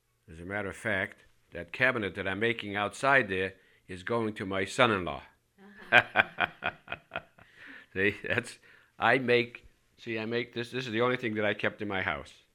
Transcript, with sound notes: As a matter of fact, that cabinet that I'm making outside there is going to my son-in- law. ( he laughs ) I make, see, I make, this is the only thing that I kept in my house